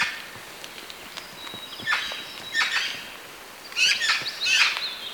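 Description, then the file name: Eurasian magpie calling with coarse, scratchy chak notes in irregular clusters, while a high thin whistle holds steady in the background. "Pica pica"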